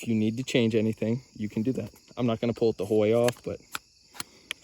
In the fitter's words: you get the idea and then it just snaps back into place